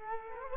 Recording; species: mosquito wingbeat signal from an infrared sensor; Culex quinquefasciatus